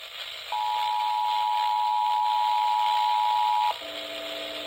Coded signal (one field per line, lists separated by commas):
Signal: Emergency Alert System (SAME) tones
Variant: 853 and 960 Hz attention tone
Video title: Just some random catches! EAS Alerts from 10/30 - 11/27. [EAS #3,468 - 3,493]